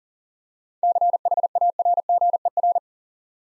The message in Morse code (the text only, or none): CHARGER